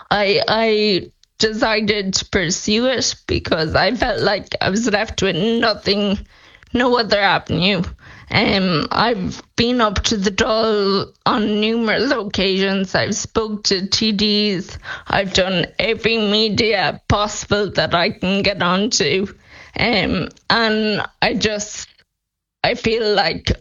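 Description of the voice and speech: A 28-year-old woman with Friedreich's ataxia, diagnosed at age 12, speaks with stretched vowels, uneven breaks and a creaky voice. This is mild ataxic dysarthria, and her speech is deteriorating.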